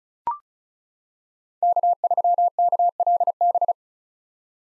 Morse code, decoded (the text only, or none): K3KLB